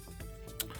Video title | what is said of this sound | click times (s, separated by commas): RODIMUS PRIME Transformers War For Cybertron Kingdom REVIEW! Bert The Stormtrooper Reviews! | to where it's all the way down the way it's supposed to go there goes and it just snaps into place like that | 0.6 s